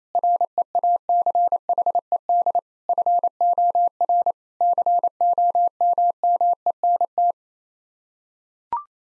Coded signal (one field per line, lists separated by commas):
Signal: Morse code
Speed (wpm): 28 wpm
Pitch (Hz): 700 Hz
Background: none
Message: REACHED FOR COMMENT